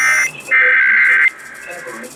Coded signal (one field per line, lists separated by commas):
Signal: Emergency Alert System (SAME) tones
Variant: header bursts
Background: speech